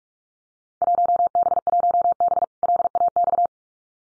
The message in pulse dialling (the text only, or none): none